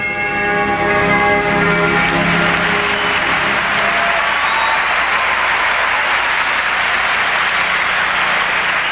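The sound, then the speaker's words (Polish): Steady, dense applause from a crowd, given for figure skater Katarina Witt, fills the whole stretch, loud and even, with a sustained ringing tone layered over it at first that fades out after about four seconds. “Należą się oklaski i Katarinie, i Heniowi,”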